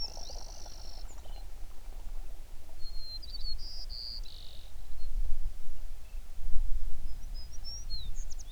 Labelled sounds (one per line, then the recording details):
songbird
water
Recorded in the Prudhoe Bay oil fields, Alaska, on 11 June 2019 at 05:13
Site 21